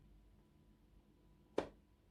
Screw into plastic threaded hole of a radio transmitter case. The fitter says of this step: you'll hear it clunk back in and then just wind it back